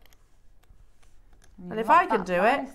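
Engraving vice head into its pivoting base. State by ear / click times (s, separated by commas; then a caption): not seated / none. A metal stone-setting and engraving vice head is pivoted on its pivoting base by hand, with quiet handling ticks at about 0.1, 0.6, 1.0, 1.3 and 1.4 seconds. From about 1.6 seconds someone talks. Nothing has locked or clicked into place yet in this stretch.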